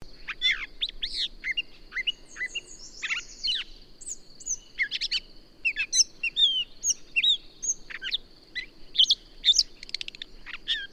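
Bird song of varied high chirps, slurred whistles and trills in irregular phrases throughout, with a steady high-pitched tone running underneath.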